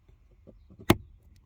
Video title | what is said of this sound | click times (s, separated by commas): Remplacer le filtre habitacle / pollen sur Nissan Micra V (K14 +2017) - Cabin filter replacement | Voilà, le clic, | 0.9 s